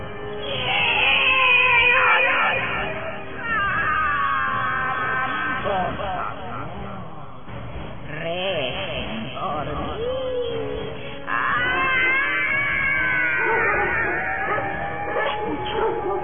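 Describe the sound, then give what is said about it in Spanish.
A woman screams and wails at midnight at a house, in long, high, wavering cries that rise and fall in pitch, loud and nearly unbroken throughout, with a brief dip before the anguished howling swells again. “Ahí está esa mujer. Grita.”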